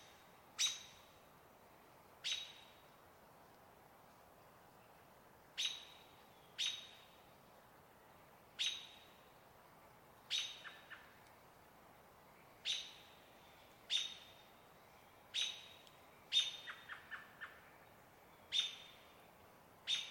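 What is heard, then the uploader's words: Evening at Trout Creek Campground: sharp, bright bird chirps repeat every second or two over a low, steady hiss, some followed by quick echoing flutters. Evening At Trout Creek Campground. Set up near a still-water riparian area. This being the Cascade Mountains range, there was plenty of distant water wash everywhere, from small rivers and streams to snowmelt runoff. The non-riparian portion of the forest here was filled with typical Cascades’ evergreens such as Douglas Fir, Spruce, and the like.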